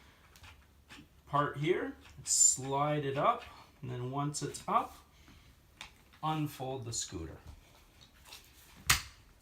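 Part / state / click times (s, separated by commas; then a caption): folding stem latch locking into the scooter deck hinge / seated / 8.9 s. Someone talks while unfolding a Zoomy Leisure Kids Maxi Scooter, then pushes the stem up so the handlebar folding latch locks into the deck hinge. A sharp click at 8.9 s marks the folding stem latch locking in place.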